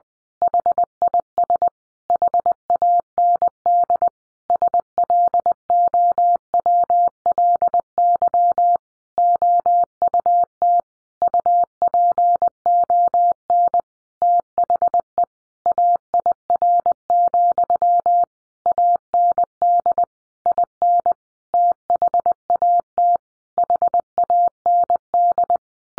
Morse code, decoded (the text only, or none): HIS HAND SLOWLY OUT UPON THE AIR, AND IN THAT HAND